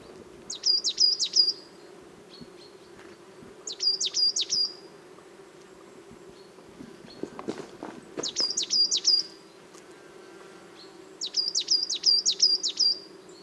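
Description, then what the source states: Coal Tit song: high, thin phrases of three or four quick notes, repeated in several bursts, over a steady low drone. Small chorus of coal tits, Val Drôme forest at La Sarcena, 26 October 2018, half an hour after daybreak, sunny morning, aircraft passing, live observation between 8 and 10 o'clock.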